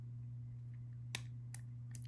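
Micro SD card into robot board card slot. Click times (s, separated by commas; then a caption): 1.1 s, 1.5 s. A micro SD card is pressed down into the card slot on the robot's board until it latches. Sharp clicks at 1.2 s and 1.5 s are heard over a steady low hum, followed by two fainter ticks near 2.0 s. The card is seated in the slot.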